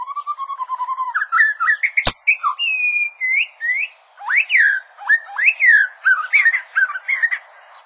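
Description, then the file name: Bird song opening with a wavering low whistle, then repeated rising and falling slurred notes; one sharp click near the two-second mark. Quite good song. "recht guter gesang"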